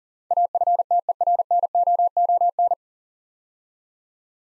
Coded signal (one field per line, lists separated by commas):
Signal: Morse code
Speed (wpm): 38 wpm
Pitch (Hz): 700 Hz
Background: none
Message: AFTERNOON